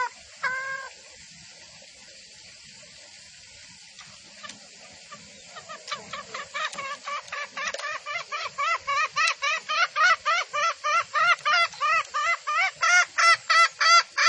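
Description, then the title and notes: Junglefowl call, one opening harmonic note, then a long accelerating series of sharp repeated notes that grow louder and steadier, about three per second by the end. Junglefowl call used as a lure for trapping in the forest; the titles call it both a female and a male junglefowl call. "Pancingan Suara Ayam Hutan Betina. Suara ayam hutan jantan buat masteran pikat di hutan. Pemikat Ayam Hutan"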